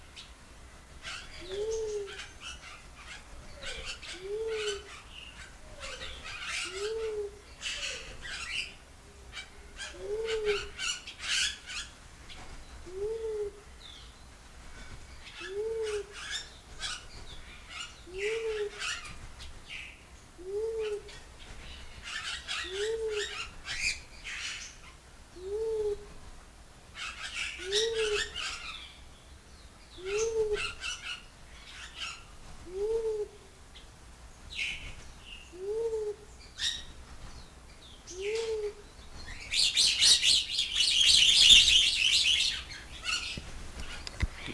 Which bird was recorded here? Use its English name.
Mindanao Bleeding-heart